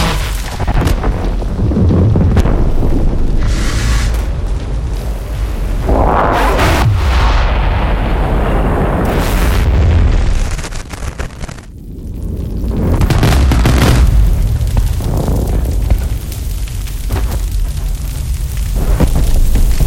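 A fire roars with a heavy, constant low rumble, rough crackling bursts flaring throughout and a brief lull near twelve seconds.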